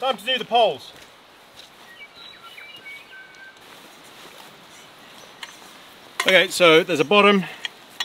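A frame section is being handled for fitting into a camping desk frame, with someone talking at the start and again near the end over quiet outdoor background with faint chirps. Two brief sharp sounds occur at about 5.4 s and 8.0 s. Nothing has clicked or seated into place yet.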